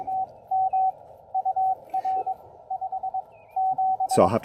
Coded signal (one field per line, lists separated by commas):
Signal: Morse code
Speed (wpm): 22 wpm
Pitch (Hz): 760 Hz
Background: speech, radio noise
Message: TM UR 57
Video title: New Antenna, New Key, and New Friend: Testing the CHA LEFS 4010 at William B Umstead State Park!